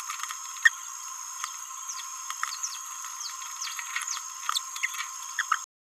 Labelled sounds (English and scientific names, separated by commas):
Green-rumped Parrotlet (Forpus passerinus) babbling